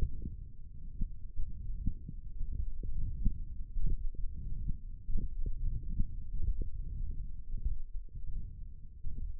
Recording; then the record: forearm muscle sounds (acoustic myography)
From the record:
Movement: hand closing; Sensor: system 1, eight BSWA MPA416 microphones around the upper forearm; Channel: 2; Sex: male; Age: 21 years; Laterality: right